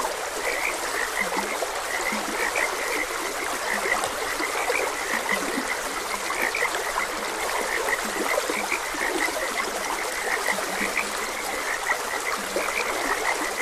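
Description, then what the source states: Frog chorus with short low croaks recurring among higher chirping notes, over constant babbling stream water. Frogs croaking beside a gentle stream.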